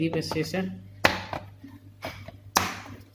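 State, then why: Seated. Someone talks at the start as a plastic laptop panel, probably the base panel, is pressed into the laptop chassis during reassembly. Its pin-type clips snap into place with sharp clicks at 1.0 s and 2.6 s, with softer ticks in between, and the part is seated, not broken.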